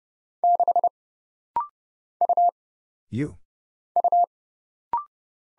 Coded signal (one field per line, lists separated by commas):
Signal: Morse code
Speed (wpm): 30 wpm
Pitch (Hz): 700 Hz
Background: none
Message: 6 U U